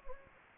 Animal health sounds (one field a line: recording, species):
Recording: mosquito wingbeat signal from an infrared sensor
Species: Anopheles gambiae